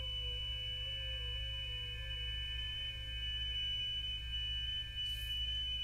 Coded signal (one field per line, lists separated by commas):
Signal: FT8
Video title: 30 METER MAGNETIC LOOP (HOMEBREW)!